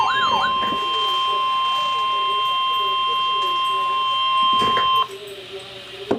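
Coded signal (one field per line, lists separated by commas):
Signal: Emergency Alert System (SAME) tones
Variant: 1050 Hz attention tone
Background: speech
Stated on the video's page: Severe Thunderstorm Warning, the sixth of six alerts received that day.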